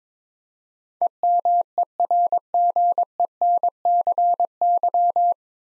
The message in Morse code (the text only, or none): EMERGENCY